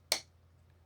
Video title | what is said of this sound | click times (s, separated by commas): This PC Case is Insane - Lian Li LANCOOL 217 Infinity White Gaming PC - How To Build | And that locks into place. | 0.1 s